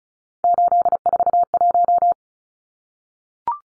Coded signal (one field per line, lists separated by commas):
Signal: Morse code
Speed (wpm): 34 wpm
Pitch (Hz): 700 Hz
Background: none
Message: 841